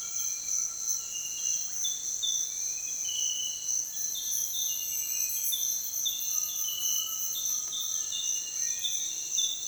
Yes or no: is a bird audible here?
no